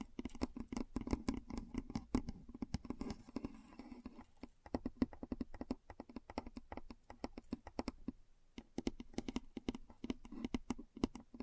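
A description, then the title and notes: Keyboard typing in quick, irregular bursts of sharp clicks, with a low hum beneath and brief pauses around four and eight seconds. ASMR Keyboard Sounds (No Talking).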